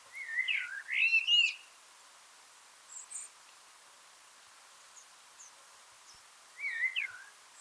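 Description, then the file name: Common blackbird song: a looping fluted phrase with a twittery ending, a long pause with faint high notes, then another short phrase. "Turdus merula"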